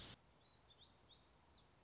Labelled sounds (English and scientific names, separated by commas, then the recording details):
Black-throated Gray Warbler (Setophaga nigrescens)
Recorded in Sonoma County, California